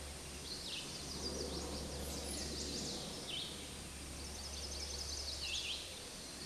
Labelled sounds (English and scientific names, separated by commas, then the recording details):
Chestnut-sided Warbler (Setophaga pensylvanica) song
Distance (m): 50 m
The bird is about 5 m above the microphone
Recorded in a Pennsylvania forest on 16 May 2024 at 09:25
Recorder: AudioMoth, point MSD-2234
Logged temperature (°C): 16.4 °C
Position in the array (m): 18 m, 25 m